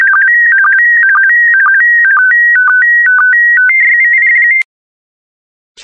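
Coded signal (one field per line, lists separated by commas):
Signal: SSTV (slow-scan television)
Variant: PD120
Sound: warbling tone jumping between two pitches, with short low blips twice a second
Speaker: the next image transmission will start in 10 seconds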